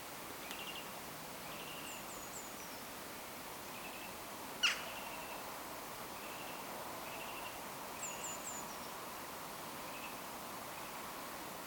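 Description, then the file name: Eurasian wren giving short, dry buzzy call notes repeated steadily, with a high descending three-note series twice and a sharp click near the middle, over steady hiss. "Troglodytes troglodytes"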